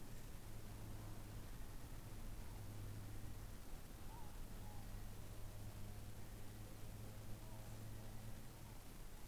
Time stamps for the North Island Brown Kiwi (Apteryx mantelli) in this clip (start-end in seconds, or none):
0.00-8.70